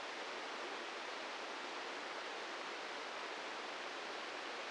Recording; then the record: brain microelectrode recording played as sound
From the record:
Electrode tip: inside the subthalamic nucleus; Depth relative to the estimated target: -2 mm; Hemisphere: right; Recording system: NeuroSet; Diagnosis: Parkinson's disease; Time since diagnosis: 13 years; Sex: male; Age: 63 years